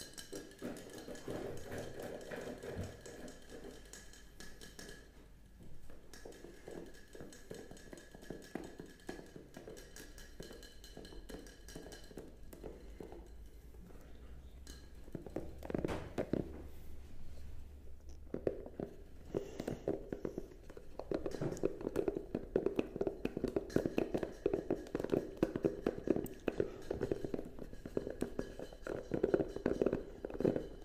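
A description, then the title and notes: Tapping goes on nonstop, a dense stream of quick, overlapping taps with a hollow, mid-toned knock. It is fairly soft for the first fifteen seconds, then grows louder and busier, the taps piling up thickly through the end. A low hum runs underneath early on. Tapping Overload.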